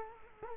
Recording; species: mosquito wingbeat signal from an infrared sensor; Culex quinquefasciatus